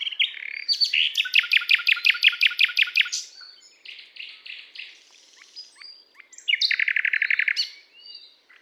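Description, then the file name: Common nightingale song, opening with a long rapid rattling trill of repeated notes, then quieter buzzy phrases and a second loud, fast repeated-note burst. "Luscinia megarhynchos"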